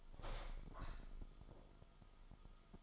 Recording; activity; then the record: daily activity, microphone in the room; open window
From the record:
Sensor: 5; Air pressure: 1004.8 hPa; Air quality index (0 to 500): 83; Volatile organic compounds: 2 ppm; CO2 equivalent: 997 ppm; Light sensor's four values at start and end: 34/79/32/31 and 34/79/32/31